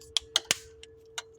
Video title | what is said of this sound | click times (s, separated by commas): Ford Lincoln Chevrolet GMC key fob battery swaps how not to break your fob | you just put it back together everything snaps together just like that | 0.2 s, 0.4 s